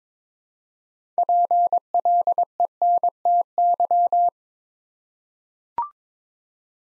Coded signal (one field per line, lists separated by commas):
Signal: Morse code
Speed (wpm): 22 wpm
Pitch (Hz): 700 Hz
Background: none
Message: PLENTY